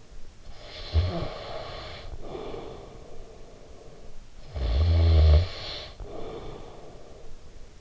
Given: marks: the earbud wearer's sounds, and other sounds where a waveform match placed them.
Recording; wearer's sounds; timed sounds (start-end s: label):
sounds in sleep by an in-ear microphone; snoring breath
0.21-7.81 s: snoring breath